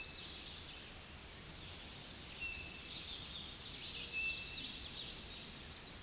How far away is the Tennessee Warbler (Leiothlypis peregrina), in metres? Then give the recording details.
about 5 m. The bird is about level with the microphone. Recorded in a Pennsylvania forest on 16 May 2024 at 06:23. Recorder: AudioMoth, point MSD-2039. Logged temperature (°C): 15.0 °C. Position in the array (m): 77 m, 87 m